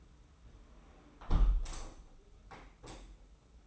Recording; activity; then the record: daily activity, microphone in the room; close window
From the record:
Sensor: 1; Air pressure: 991.3 hPa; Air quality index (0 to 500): 102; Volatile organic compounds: 67 ppm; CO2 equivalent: 3490 ppm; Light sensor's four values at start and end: 37/116/46/47 and 37/116/45/47